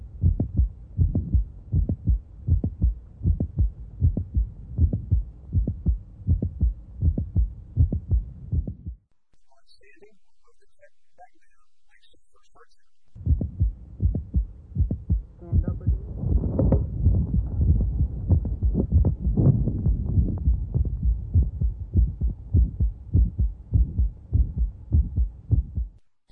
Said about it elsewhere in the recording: Accentuate venous return to the heart. Ventricular cavity volume will grow and mitral valve prolapse will occur later. The click is very close to the first heart sound. We have a mid-systolic click that is coherent or can be moved with various maneuvers.